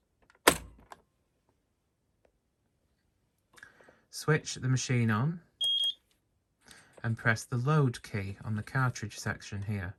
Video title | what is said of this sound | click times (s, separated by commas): How To Make/Store/Delete Your Own Patterns & How To Use The Pattern Cartridges On The Brother KH-270 | push it in until it clicks | 0.5 s